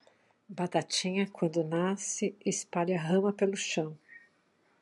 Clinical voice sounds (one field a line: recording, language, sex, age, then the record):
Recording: short text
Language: Brazilian Portuguese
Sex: female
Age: 50 to 59 years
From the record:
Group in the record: control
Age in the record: 53 years